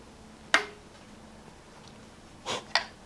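A new click-type torque wrench tightens a cylinder head bolt into the engine block during a crisscross tightening pattern. A sharp transient comes at 0.6 s, a softer broadband rustle near 2.5 s, and then the wrench gives a sharp click at 2.8 s as it reaches its torque setting. No one talks.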